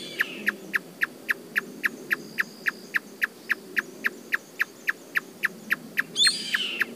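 Marsh tapaculo repeating sharp, clipped notes at an even pace, about three or four per second, with another bird's higher twittering call near the end.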